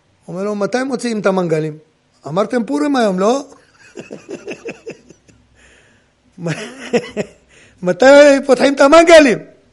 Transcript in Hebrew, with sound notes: אומר לו מתי מוציאים את המנגלים? אמרתם פורים היום [צחוק] לא מתי פותחים את המנגלים